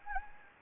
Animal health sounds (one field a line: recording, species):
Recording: mosquito wingbeat signal from an infrared sensor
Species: Anopheles gambiae